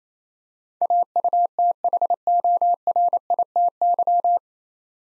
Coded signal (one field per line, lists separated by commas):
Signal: Morse code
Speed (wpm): 28 wpm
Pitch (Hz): 700 Hz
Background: none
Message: AUTHORITY